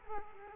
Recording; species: mosquito wingbeat signal from an infrared sensor; Culex quinquefasciatus